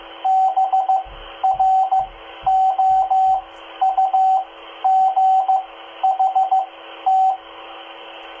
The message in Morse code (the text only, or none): BROUGHT